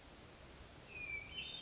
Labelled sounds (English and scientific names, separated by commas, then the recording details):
Hermit Thrush (Catharus guttatus)
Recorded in Sonoma County, California